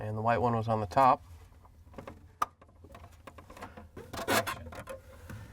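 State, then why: Seated. Someone talks, then the white plastic wire connector of an LG/Kenmore defrost sensor 6615JB2005H is pushed into the top position of the refrigerator harness plug, after the red one. A single sharp snap at 2.4 s marks the second connector clicking in and seating, followed by quieter rubbing and handling sounds.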